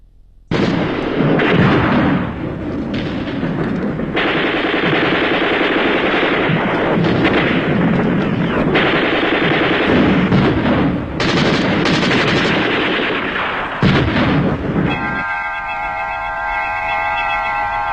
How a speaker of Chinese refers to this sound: 那些年月里，飞鸟早已习惯了枪声炮声，习惯了硝烟弥漫的天空